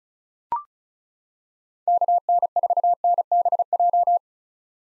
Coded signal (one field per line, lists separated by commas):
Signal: Morse code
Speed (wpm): 34 wpm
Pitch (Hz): 700 Hz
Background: none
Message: KN4NBJ